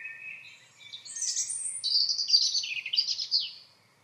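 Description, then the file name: European robin song: a tumbling run of high, liquid warbled notes and trills, varied in pitch, lasting about three and a half seconds. "Erithacus rubecula"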